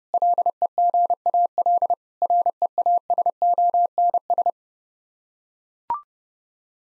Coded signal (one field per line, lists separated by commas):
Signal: Morse code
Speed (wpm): 30 wpm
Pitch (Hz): 700 Hz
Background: none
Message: LEGAL REASONS